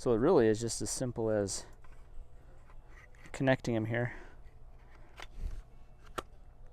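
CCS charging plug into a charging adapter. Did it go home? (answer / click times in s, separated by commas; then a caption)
yes / 6.2 s. A CCS charging plug is pushed onto a Lectron CCS-to-Tesla charger adapter until the latch on top of the plug clips in. Someone talks, then a few quiet handling sounds follow. A sharp click at 6.2 s shows the plug is locked into the adapter.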